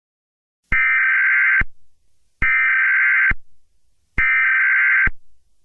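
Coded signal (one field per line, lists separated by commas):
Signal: Emergency Alert System (SAME) tones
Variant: header bursts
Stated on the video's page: Fictional simulated EAS scenario.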